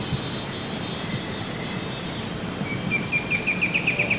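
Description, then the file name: Bird trilled call: a bright, fast series of sharp, repeated high notes near the end, after a faint high whine and steady background noise. "SABIOD bird"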